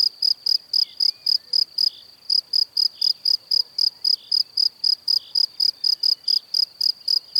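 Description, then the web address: Cricket chirping in a quick regular rhythm, one brief pause near two seconds. "Kurs PTTK Przyroda Ptaki Świerszcze"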